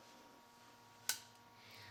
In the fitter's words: If you listen, when you slide them around, you can hear them snap into the groove.